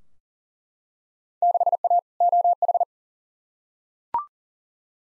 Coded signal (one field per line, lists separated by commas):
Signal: Morse code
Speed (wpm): 40 wpm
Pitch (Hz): 700 Hz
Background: none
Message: 6A OH